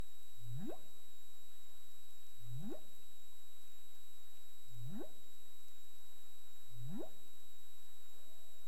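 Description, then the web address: Humpback whale producing four deep upward-sweeping whoops, then a brief higher tone, with steady high electronic tones throughout. Caribbean, recorded 20 March 2035 at 15:41 UTC. "CARIMAM. humpback whale 20350320 154157 UTC"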